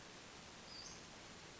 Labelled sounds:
Western Flycatcher (Empidonax difficilis)
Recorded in Sonoma County, California

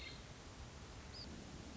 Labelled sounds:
Hermit Thrush (Catharus guttatus)
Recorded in Sonoma County, California

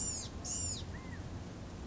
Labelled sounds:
Blue-gray Gnatcatcher (Polioptila caerulea)
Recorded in Sonoma County, California

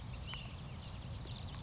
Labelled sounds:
Ash-throated Flycatcher (Myiarchus cinerascens)
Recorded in Sonoma County, California

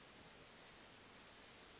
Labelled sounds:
Western Flycatcher (Empidonax difficilis)
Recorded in Sonoma County, California

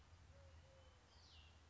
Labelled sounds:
Eurasian Collared Dove (Streptopelia decaocto)
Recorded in Sonoma County, California

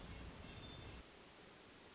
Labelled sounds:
Hermit Thrush (Catharus guttatus)
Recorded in Sonoma County, California

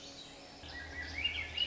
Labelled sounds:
Swainson's Thrush (Catharus ustulatus)
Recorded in Sonoma County, California

